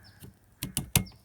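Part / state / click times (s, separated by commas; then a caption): wiper blade onto wiper arm / seated / 1.0 s. A new windshield wiper blade adapter is fitted into the groove of the wiper arm hook and pushed along it, giving two sharp taps at about 0.6 and 0.8 seconds. A loud, positive click follows at 1.0 seconds as the blade locks onto the wiper arm and is seated.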